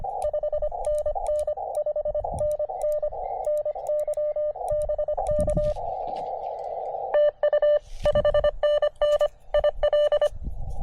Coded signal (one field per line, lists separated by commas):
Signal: Morse code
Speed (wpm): 25 wpm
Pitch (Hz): 600 Hz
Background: radio noise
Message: 5NN 5NN NY BK TU 5NN IL